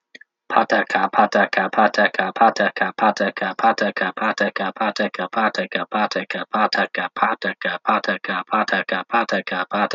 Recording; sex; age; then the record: repeated syllables /pa ta ka/; male; 40 to 49 years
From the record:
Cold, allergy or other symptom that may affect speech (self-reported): no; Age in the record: 44 years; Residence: Hawaii, United States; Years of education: 12